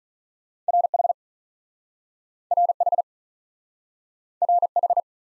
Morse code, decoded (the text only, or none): R H R H R H